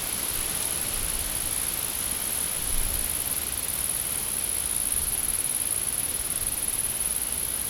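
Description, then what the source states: Insect producing a steady, high-pitched whining buzz from start to finish, over soft rushing background noise. Insects recorded in a field.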